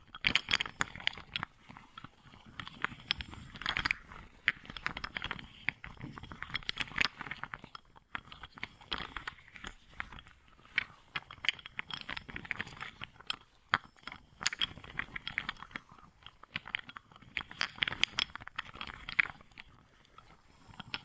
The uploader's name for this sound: Wooden Ball Triggers